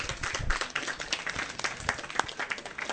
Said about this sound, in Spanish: ¡Señores! Antes de que continuemos, más me gustaría presentar un fuerte aplauso por mi buen amigo